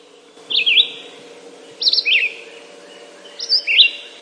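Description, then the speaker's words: Red-eyed Vireo song: three short, high, slurred whistled phrases separated by short pauses, over a faint low hum. "That's the song of the red-eyed vireo."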